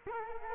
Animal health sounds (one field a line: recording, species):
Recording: mosquito wingbeat signal from an infrared sensor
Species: Culex quinquefasciatus